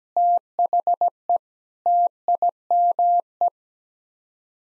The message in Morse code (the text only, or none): THE TIME